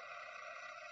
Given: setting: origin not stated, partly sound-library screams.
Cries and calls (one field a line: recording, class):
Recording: one-second piece from a danger detection set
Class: woman in danger